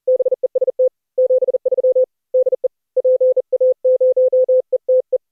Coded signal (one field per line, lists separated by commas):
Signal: Morse code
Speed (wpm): 40 wpm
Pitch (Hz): 510 Hz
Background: none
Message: BEST 73 DE PA0ETE